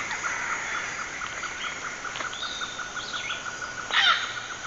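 Bird calls: soft, steady ticking notes with a thin whistled rising and falling phrase, then a sharp brief squeal near the end, over background hiss.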